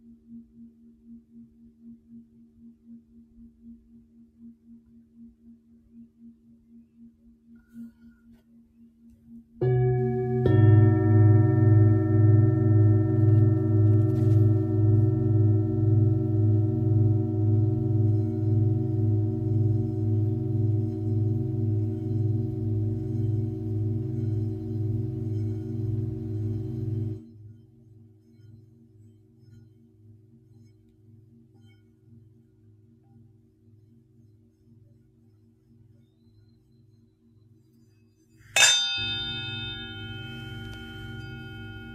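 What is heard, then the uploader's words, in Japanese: A singing bowl rings, first as a low faint hum, then struck loudly near ten seconds, its deep pulsing tone and bright overtones slowly fading. The sound drops at twenty-seven seconds, and a second sharp strike rings out near thirty-eight seconds. メキシコから シンギングボウルのサウンドヒーリング。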